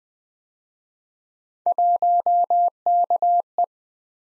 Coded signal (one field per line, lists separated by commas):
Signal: Morse code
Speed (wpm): 23 wpm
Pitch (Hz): 700 Hz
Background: none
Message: 1KE